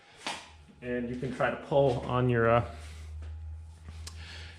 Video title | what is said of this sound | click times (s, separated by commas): PLEASE HELP GARAGE DOOR WON'T OPEN FIX | should engage like that | 0.3 s